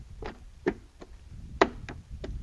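A Toyota Prius C tail light assembly has its plastic clips lined up with the holes in the car body and pushed in. Several short snaps are heard, and the loudest, at 1.6 s, is the clip seating into the body.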